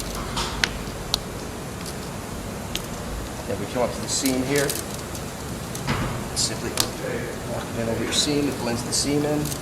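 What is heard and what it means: A plastic wheel band protector strip on a Tesla is pressed into the edge of an alloy wheel rim by thumb and with a tool. Sharp clicks at 0.6, 1.1 and 2.8 seconds mark the strip seating into the rim while someone talks.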